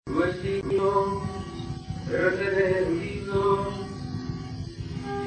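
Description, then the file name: Sheep: lamb bleating in several wavering, nasal calls of up to about a second each, spread throughout over a rough, noisy background. "Canto do cordeiro"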